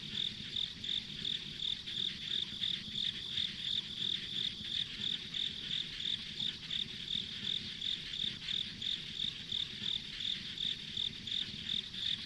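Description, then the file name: Insects chirping steadily, a high pulsed trill repeated about three times a second, with a continuous whining chorus behind. Ambient insect sounds along a rural country road. "田舎道の虫の環境音"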